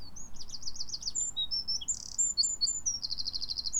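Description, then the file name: Eurasian wren pouring out very high, rapid trills and sharp chips, with two fast rattling bursts at the start and end, over a steady low background rumble. "Troglodytes troglodytes"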